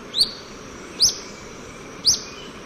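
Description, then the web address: Olive-faced flatbill calling: three sharp, sibilant, rising notes spaced roughly one second apart against a soft background hiss. Recorded in Ecuador. "S America Birds of Ecuador. Olive-faced Flatbill"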